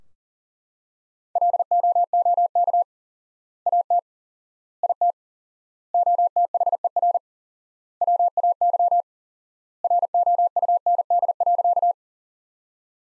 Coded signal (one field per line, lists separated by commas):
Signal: Morse code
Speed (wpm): 37 wpm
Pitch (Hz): 700 Hz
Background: none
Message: LOOK AT IT OTHER WAY ROUND.